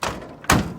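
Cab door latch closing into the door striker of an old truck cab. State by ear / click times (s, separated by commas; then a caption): seated / 0.0 s, 0.5 s. The steel cab door of a 1940s Ford COE 4x4 truck is shut, and its latch closes into the door striker. A sharp thunk at 0.0 s is followed by a louder, solid snap at 0.5 s as the latch seats. The door sits nice and tight, not loose.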